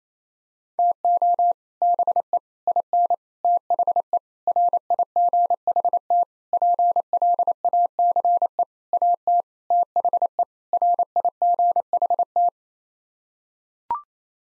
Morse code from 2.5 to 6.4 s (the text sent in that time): IN THE RIGHT